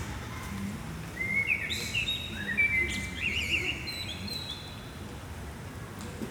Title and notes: Place Maurice van Meenen, 1060 Saint-Gilles, Belgique - Blackbird, cars, trams, bottles, rainy day. Un merle chante sur le toit de la maison communale, des voitures passent sur la chaussée humide, les trams remontent l'avenue, quelqu'un jette des bouteilles dans la bulle à verre, jour pluvieux